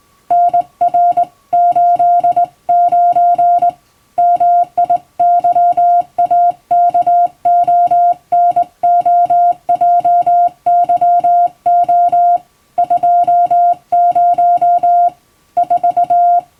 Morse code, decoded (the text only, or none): NR89 MIYAKONOJYO 20 4